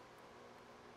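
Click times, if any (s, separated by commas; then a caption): none. A crimped metal contact is being handled and lined up with a plastic Anderson-style Powerpole connector housing, where it has to align perfectly before it can go in. Only a steady, broadband noise is heard for the full second, with no distinct impacts. Nothing has seated or clicked yet.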